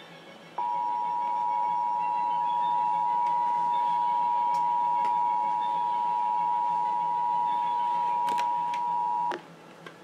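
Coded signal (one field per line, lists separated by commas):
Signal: Emergency Alert System (SAME) tones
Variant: 853 and 960 Hz attention tone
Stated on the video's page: Vermont Required Monthly Tests from the state Department of Public Safety, received on several FM stations and a translator.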